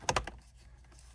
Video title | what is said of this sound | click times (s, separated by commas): 2013-2020 Lexus GS350 Cabin Air Filter Replacement How-To | then it's just going to click into place. | 0.1 s